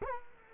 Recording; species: mosquito wingbeat signal from an infrared sensor; Culex quinquefasciatus